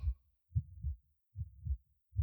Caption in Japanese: 私の心臓の音、少しだけ早くなっていますよね。 緊張しているんです。